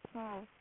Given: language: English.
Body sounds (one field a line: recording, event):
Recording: throat vibration sensor signal played as sound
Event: speech